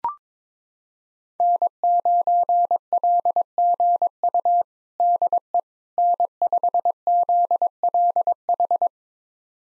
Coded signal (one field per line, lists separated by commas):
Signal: Morse code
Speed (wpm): 22 wpm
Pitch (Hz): 700 Hz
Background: none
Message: N9LGU DE N5ZLH